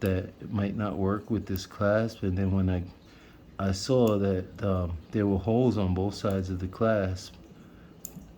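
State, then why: Seated. Someone talks while a spring bar on a stainless steel watch bracelet is pressed into the holes of a replacement extension clasp. A short, sharp click at 8.1 s marks the spring bar snapping into the clasp, seating it.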